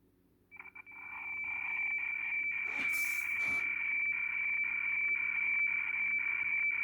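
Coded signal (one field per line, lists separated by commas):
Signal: weather fax (radiofax)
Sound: steady high whistle with scratchy warbling that pulses about twice a second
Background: radio static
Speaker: just decoding some hfx and by remote control from the radio room which is 30 miles away a good copy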